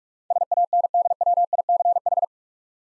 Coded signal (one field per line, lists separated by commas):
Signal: Morse code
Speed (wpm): 44 wpm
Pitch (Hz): 700 Hz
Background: none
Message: SANDWICH